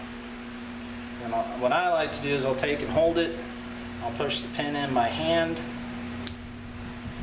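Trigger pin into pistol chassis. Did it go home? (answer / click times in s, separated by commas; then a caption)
yes / 6.3 s. Someone talks while the trigger pin is pushed by hand into an LC9s pistol chassis resting on a block, over a steady background hum. A small, sharp click at 6.3 s is the roll pin holder hitting the trigger as the pin seats.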